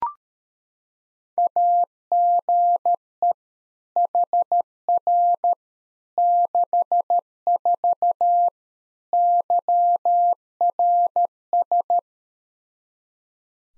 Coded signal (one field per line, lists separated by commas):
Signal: Morse code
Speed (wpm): 13 wpm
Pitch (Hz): 700 Hz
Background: none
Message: AGE HR 64 YRS